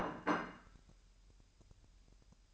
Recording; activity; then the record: daily activity, microphone in the room; place plate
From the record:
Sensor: 2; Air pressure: 1001.9 hPa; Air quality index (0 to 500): 248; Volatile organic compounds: 39 ppm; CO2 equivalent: 3136 ppm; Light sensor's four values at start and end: 8/28/11/10 and 8/28/11/10